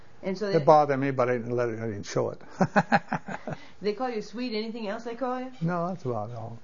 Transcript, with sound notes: And so they -
It bothered me but I didn't let it - I didn't show it (laughs)
They called you Sewde - anything else they call you?
No that's about all.